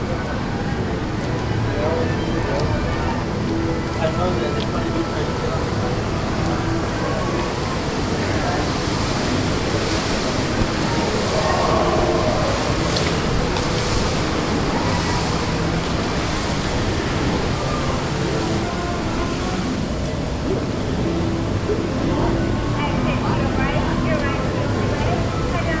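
Theme park crowd noise fills the whole clip as a dense, steady wash of overlapping voices and chatter. A low rumble runs underneath, and brief brighter bursts and clatters rise out of the din now and then, especially around the middle.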